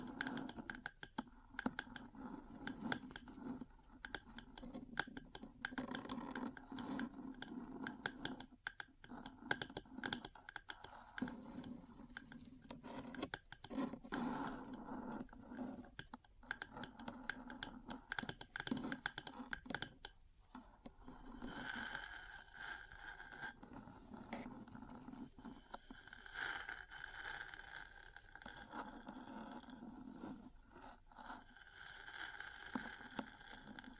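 Metal parts tap and scratch in a dense, busy clatter of quick clicks and scrapes, with a steady low ringing hum throughout.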